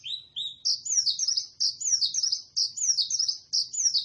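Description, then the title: White-eye singing short phrases of high, sliding chirps, each phrase repeated roughly once a second in a steady rhythm. Lively, sustained singing described by the local term gacor. "Pleci Gacor"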